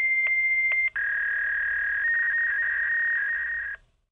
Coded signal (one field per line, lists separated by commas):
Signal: fax machine handshake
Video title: Fax sound effect - Bestfreesounds